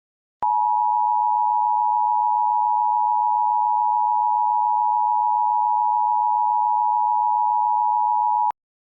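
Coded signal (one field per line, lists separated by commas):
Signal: Emergency Alert System (SAME) tones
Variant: 853 and 960 Hz attention tone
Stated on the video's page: Recreation of EAS bulletins for the 2007 Greensburg, Kansas EF5 tornado, including tornado warning and tornado emergency.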